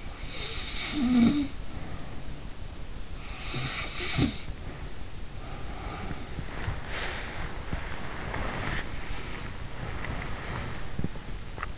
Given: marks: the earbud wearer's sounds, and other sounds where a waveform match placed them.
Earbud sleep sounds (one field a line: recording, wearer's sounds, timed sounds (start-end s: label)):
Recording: sounds in sleep by an in-ear microphone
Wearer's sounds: snoring breath, breath, body movement, teeth grinding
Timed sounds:
0.00-2.78 s: snoring breath
3.19-5.18 s: snoring breath
5.41-7.62 s: breath
6.26-11.10 s: body movement
7.85-10.88 s: breath
11.00-11.78 s: teeth grinding